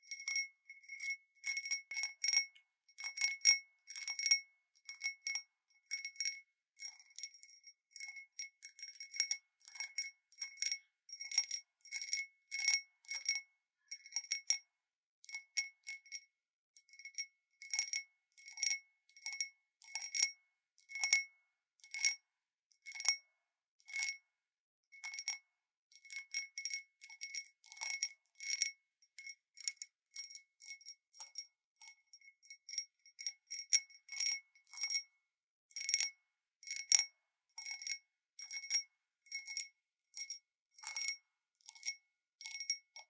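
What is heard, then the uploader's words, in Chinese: A glass cup, like a wind bell, is tapped over and over, giving bright ringing pings with clear high tones that fade quickly. The taps come in quick irregular bursts with short pauses, steady throughout, with no low sounds or background noise beneath them. Wind Bell Cup | Glass Tapping | No Talking。風鈴杯 | 玻璃杯。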